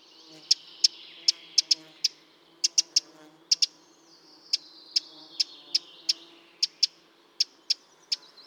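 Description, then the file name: Eurasian wren calls: hard, high clicking ticks, often doubled, repeated at uneven intervals throughout over a faint hiss. "Troglodytes troglodytes"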